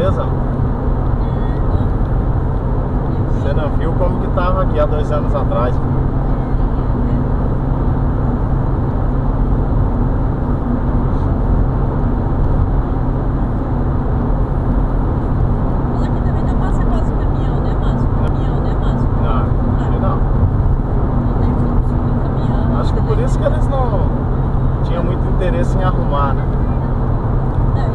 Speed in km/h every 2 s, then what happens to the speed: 152, 153, 155, 154, 155, 156, 156, 157, 157, 156, 155, 154, 153, 151.
0-28 steady at about 155.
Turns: none.